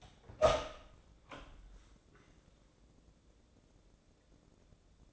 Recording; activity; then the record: daily activity, microphone in the room; open door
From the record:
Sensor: 3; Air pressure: 1012.3 hPa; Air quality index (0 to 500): 182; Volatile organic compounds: 3 ppm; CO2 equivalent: 1390 ppm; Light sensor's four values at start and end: 473/1174/483/489 and 455/1127/463/467